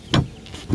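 With the key turned and the lock twisted to the unlock position, a detachable metal tow ball mount is shoved up into the hitch receiver of a Tesla Model X. A sharp metallic clunk at 0.1 s marks the mount seating and locking into the receiver, followed by a quieter low thud near 0.7 s.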